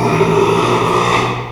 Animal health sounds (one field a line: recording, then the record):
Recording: squeal of a Yucatan mini pig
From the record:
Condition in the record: after surgery on the right vocal fold (resection and tissue-engineered implant)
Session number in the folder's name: 1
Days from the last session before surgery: 6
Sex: male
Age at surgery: 12 weeks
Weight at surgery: 13 kg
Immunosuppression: cyclosporine, prednisolone